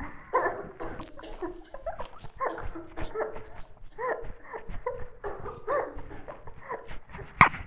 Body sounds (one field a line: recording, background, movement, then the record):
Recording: laughter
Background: a bystander coughing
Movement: sitting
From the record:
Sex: female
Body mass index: 18.8 kg/m2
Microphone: on the chest, facing the body